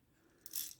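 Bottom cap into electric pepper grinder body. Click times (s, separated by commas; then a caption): 0.5 s. The bottom cap of a Sinbo electric pepper grinder, filled with whole black peppercorns, is seated on the grinder body and turned counter-clockwise into its twist-lock. After near silence, a short plastic click at 0.5 s marks the cap locking in place, followed by brief rattling and two more faint ticks around 0.8 s.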